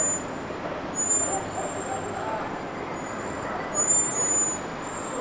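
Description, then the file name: Common blackbird giving thin, very high drawn-out whistled calls, several in a row, some long and slightly wavering, over a steady broad background hiss. "Turdus merula"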